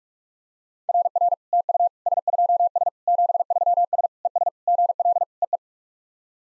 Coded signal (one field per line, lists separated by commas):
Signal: Morse code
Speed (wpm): 47 wpm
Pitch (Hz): 700 Hz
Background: none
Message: RR TU S2S 73S ES GL EE